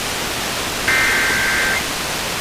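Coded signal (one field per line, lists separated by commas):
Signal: Emergency Alert System (SAME) tones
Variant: header bursts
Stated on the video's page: Pennsylvania Required Monthly Test relayed by FM radio stations and a TV subchannel, sent about ten minutes late.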